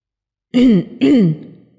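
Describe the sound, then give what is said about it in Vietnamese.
Two short, dry throat-clearing coughs in quick succession, each a loud voiced burst with a gritty rasp, the second trailing off into a faint breathy tail. “Y Tiên ho khan hai tiếng, tiến lên giải vây nói,”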